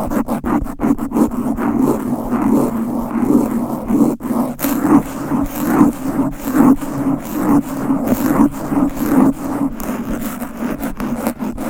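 Fast, aggressive scratching and rubbing against a microphone, with rapid rasping strokes packed tightly together for the whole twelve seconds. A low, steady droning hum sits beneath the scraping, while sharp dropouts and clicks break in irregularly, especially in the first few seconds.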